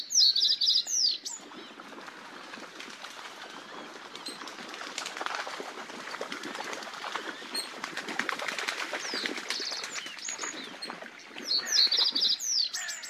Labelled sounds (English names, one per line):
Reed Bunting song